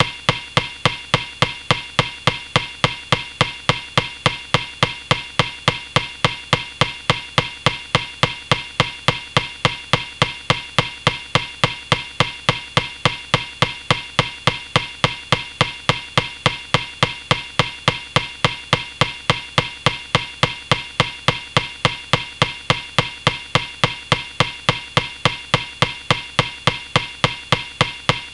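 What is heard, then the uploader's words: A beach ball bounces over and over, each hit a short, sharp smack. The bounces come at a fast, even pace of roughly three or four per second, steady in strength and timing from start to finish, with a quiet low hum underneath. BEACH BALL 100 BOUNCE.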